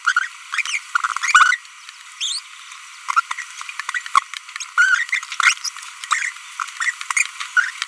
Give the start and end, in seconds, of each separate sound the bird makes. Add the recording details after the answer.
0.05-0.12, 0.17-0.25, 0.53-0.61, 0.65-0.78, 1.22-1.56, 2.21-2.39, 3.94-3.99, 4.78-5.04, 5.40-5.53, 5.65-5.68, 6.11-6.29, 6.80-6.91, 7.57-7.70. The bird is a female. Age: 25 days. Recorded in a nest box in Venezuela. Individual 17B42B1